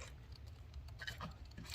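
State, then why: Not seated. A wiring harness plug is pushed into the alternator of a Jeep Grand Cherokee 4.7. Only faint, low-level ticks are heard over a steady low rumble, and no click has sounded yet. The plug ends up all the way in.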